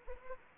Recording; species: mosquito wingbeat signal from an infrared sensor; Anopheles arabiensis